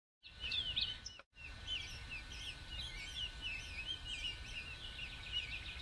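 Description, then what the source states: Many birds chirping and twittering at once, a continuous high chorus of short notes over low background rumble, after a brief gap near the start. Many birds, Bexar County, Texas, morning of 26 March 2006.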